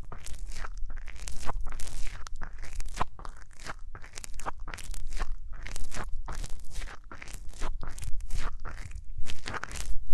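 Hands rub over the ears close up, making crisp, scratchy rustling in quick strokes, about one or two per second with brief silent gaps between. The texture is bright and crunchy, almost like tearing paper, over a steady low rumble, and no voice is heard.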